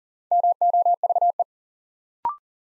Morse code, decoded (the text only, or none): MOVE